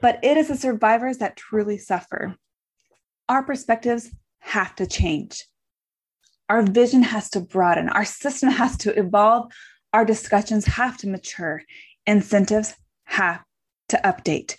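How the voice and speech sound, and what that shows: One adult speaks clearly and fluently in short phrases with natural pauses; a typical voice.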